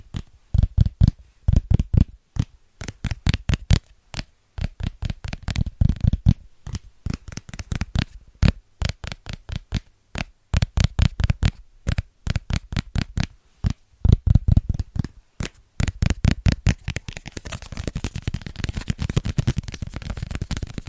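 Fingers tap quickly and rhythmically on Christmas present boxes, in bursts of sharp, crisp clicks separated by short pauses. The taps have a hollow, thumping low end. Near the end the pattern turns into a denser, steadier patter with a faint hiss beneath.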